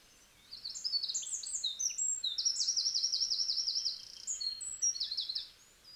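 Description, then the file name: Eurasian wren song, loud and high, with a quick jumble of sharp notes, a long rattling trill in the middle, and more bright phrases after it. "Troglodytes troglodytes"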